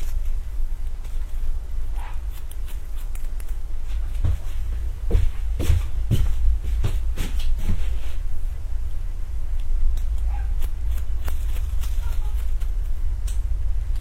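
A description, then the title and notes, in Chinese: A haircut with crisp scissor snips and clicks, clustered densely in the middle and scattered elsewhere, over a constant low hum. 3D音效 剪发。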